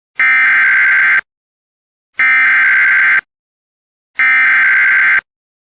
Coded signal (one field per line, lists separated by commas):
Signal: Emergency Alert System (SAME) tones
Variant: header bursts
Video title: EAS of May 2026 part 1: Severe Thunderstorm Warning in Southeastern Texas on May 1st